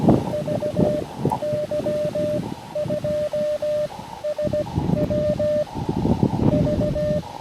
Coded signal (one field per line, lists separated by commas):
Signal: Morse code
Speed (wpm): 16 wpm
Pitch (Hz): 610 Hz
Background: none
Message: VY2SW V